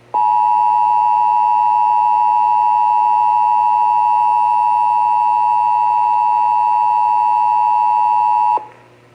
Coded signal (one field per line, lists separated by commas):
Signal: Emergency Alert System (SAME) tones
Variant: 853 and 960 Hz attention tone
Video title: (EAS #619-620) Flash Flood Warning (WBAP-AM, KDAF-TV)